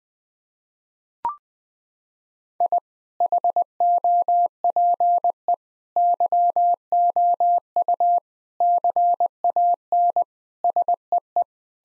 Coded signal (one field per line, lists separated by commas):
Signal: Morse code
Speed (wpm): 20 wpm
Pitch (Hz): 700 Hz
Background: none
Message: I HOPE YOU CAN SEE